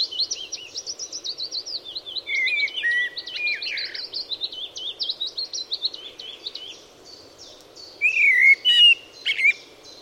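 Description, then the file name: Eurasian blackbird song with long runs of thin, high twittering notes broken by lower, mellow fluted phrases twice, the second loud and whistled near the end. "Turdus merula"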